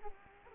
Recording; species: mosquito wingbeat signal from an infrared sensor; Culex quinquefasciatus